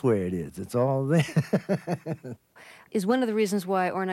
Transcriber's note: laughter